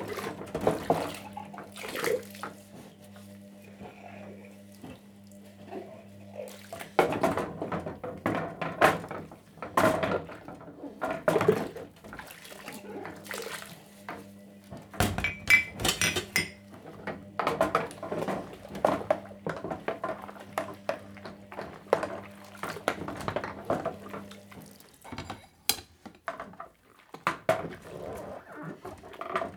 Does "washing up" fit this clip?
yes